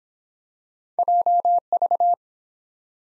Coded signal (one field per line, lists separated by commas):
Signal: Morse code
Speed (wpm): 23 wpm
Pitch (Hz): 700 Hz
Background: none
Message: JV